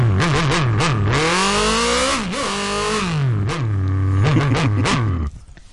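A Ducati motorcycle engine revs loudly in a series of quick throttle blips, its throaty pitch climbing and dropping over and over, with one longer sustained rev before it cuts off abruptly.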